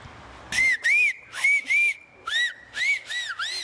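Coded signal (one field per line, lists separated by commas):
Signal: whistled language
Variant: Aas whistled Gascon (Occitan)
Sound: clear whistled phrase: about seven rising-falling syllables near 2 kHz, breathy between notes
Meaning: At the restaurant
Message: au restaurant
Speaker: comment on dit en sifflant au restaurant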